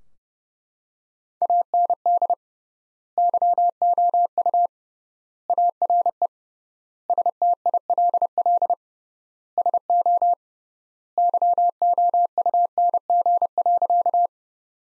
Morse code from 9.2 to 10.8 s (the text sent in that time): SO